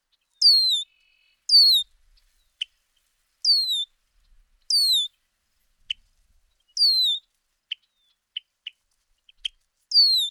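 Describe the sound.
Bird song: six downward-sliding whistles at irregular intervals, with the later ones alternating with short sharp clicking chips.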